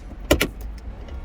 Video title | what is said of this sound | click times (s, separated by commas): Como reemplazar el portalentes del Passat - VOLKSWAGEN PASSAT B7 NMS | clicked everywhere and last we put this part excellent, | 0.3 s, 0.4 s